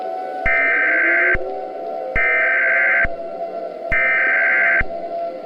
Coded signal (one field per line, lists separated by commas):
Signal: Emergency Alert System (SAME) tones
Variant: header bursts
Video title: EAS Scenario Halloween: Remastered (Clean)